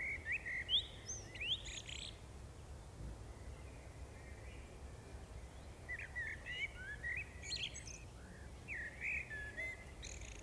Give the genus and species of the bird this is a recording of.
Turdus merula